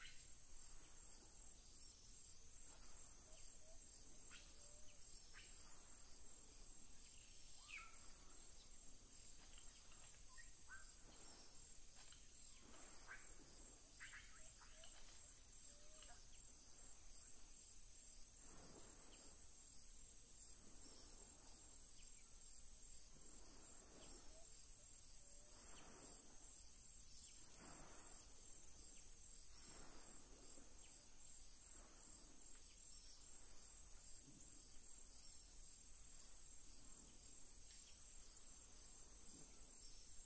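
Atlantic Forest ambience with a constant high insect drone and cricket trill, scattered brief bird chirps and soft clicks throughout the forty seconds.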